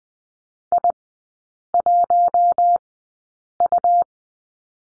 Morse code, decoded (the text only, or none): I1U